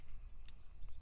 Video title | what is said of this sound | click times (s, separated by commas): SOLD ALREADY? '78 K10 Square Body BUDGET BUILD Ep.2 - Interior & Exterior | You can hear a little click. It's back in there. | 0.5 s